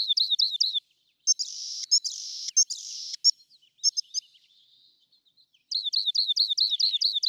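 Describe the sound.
Rock wren delivering repeated chirping phrases, then harsh buzzy notes broken by clicks, then another fast series of rising-falling chirps.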